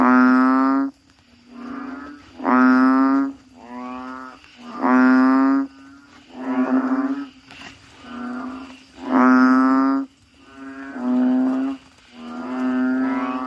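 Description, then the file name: Frog giving drawn-out, bleating calls, rich and harmonic, repeated with short gaps between them. "suara kodok bangkong"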